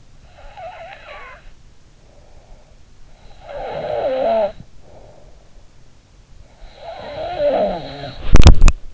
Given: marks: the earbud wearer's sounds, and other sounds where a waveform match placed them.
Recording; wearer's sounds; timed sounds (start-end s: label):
sounds in sleep by an in-ear microphone; snoring breath, body movement
0.36-2.75 s: snoring breath
3.28-5.55 s: snoring breath
6.40-8.21 s: snoring breath
8.11-8.94 s: body movement